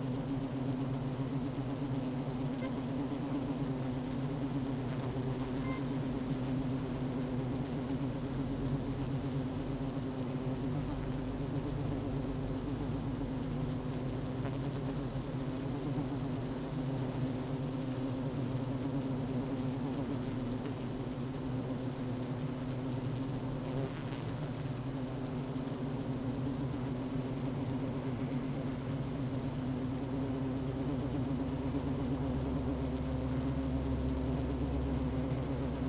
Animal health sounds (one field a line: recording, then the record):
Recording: honeybee colony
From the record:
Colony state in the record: active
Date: 12 June 2018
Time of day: 10:06